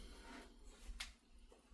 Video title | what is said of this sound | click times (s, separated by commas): C6C "Nolan Fidale" Company Logo Builds | until it pops out. | 1.0 s